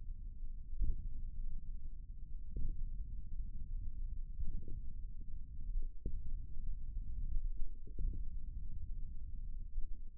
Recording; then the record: forearm muscle sounds (acoustic myography)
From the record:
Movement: index flexion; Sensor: system 1, eight BSWA MPA416 microphones around the upper forearm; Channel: 8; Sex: male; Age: 54 years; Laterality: right